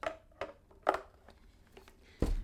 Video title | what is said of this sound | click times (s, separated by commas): American Girl Doll New Releases Haul 2025!!! | Align everything. And then you hear a snap. And now it is officially on. | 0.9 s